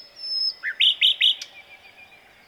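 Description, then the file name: Common nightingale phrase: a long thin high whistle, then four quick hooked notes and a sharp click, fading into quiet. "Luscinia megarhynchos"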